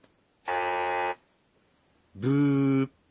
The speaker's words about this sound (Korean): 부라고 하는데요. 이 표현은 부저 소리에서 온 말입니다.